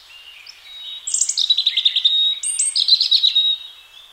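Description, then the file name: European robin song: a fast phrase of high, rapidly repeated trilled notes lasting about two and a half seconds. "Erithacus rubecula"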